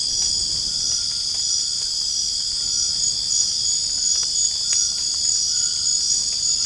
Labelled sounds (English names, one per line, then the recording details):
none
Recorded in dense forest near Puerto Asís, Putumayo, Colombia, on 27 June 2025 at 21:00
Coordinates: 0.481, -76.323
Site G072